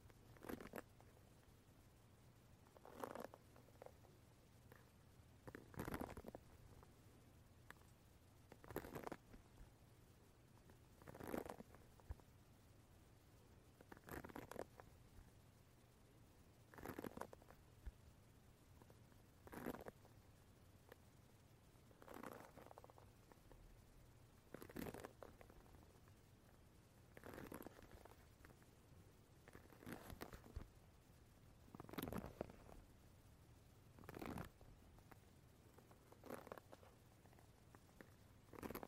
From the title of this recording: wooden brush tapping , touching sound